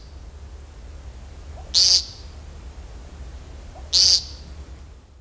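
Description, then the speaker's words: American woodcock giving two short, buzzy nasal peents about two seconds apart over a steady low hum. Known for a three-part auditory and aerial mating display that starts in late February; a shorebird of fields, thickets and woodland edge. "Best known for their three-part auditory and aerial mating displays that start in late February, they can't even cross the street without dancing."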